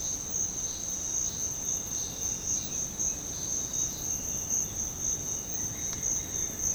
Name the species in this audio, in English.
none